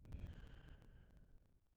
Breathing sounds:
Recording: one breath near a microphone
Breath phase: exhalation

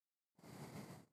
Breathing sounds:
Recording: one breath near a microphone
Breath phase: exhalation

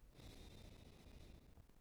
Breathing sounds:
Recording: one breath near a microphone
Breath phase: exhalation

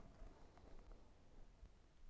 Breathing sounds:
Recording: one breath near a microphone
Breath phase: inhalation

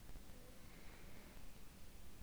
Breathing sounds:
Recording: one breath near a microphone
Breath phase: inhalation

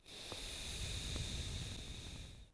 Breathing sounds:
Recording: one breath near a microphone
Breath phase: exhalation

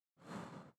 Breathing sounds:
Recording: one breath near a microphone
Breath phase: exhalation

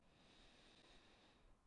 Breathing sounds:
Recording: one breath near a microphone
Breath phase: inhalation

